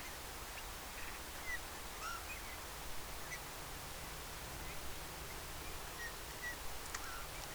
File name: Pyrrhula pyrrhula